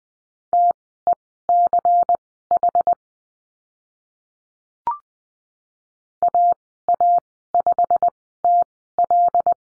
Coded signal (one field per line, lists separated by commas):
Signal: Morse code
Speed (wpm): 20 wpm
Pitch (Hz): 700 Hz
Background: none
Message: TECH AA5TL